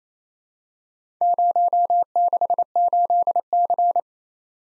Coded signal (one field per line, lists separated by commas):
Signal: Morse code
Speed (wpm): 28 wpm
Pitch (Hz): 700 Hz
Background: none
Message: 068C